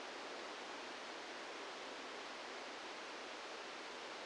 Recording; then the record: brain microelectrode recording played as sound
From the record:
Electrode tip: outside the subthalamic nucleus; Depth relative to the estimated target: 2 mm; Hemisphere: right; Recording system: NeuroSet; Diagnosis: Parkinson's disease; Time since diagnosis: 17 years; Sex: male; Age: 64 years